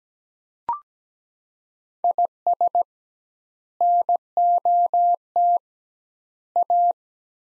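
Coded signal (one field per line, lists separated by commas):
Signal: Morse code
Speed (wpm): 17 wpm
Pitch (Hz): 700 Hz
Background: none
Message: IS NOT A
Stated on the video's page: Morse practice at 17 wpm, sets of three words with double word spacing, a Farnsworth-like method for head-copying phrases.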